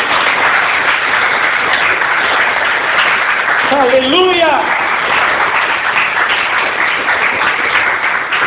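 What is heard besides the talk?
audience applause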